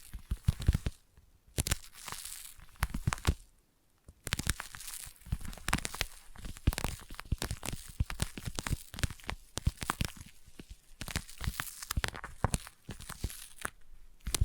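Sticky tapping and tacky peeling sounds come in dense, irregular bursts of sharp crackles and tearing, crinkly snaps. The activity is nearly constant, with brief pauses around two, three and a half to four, and eleven seconds before the busy rhythm resumes.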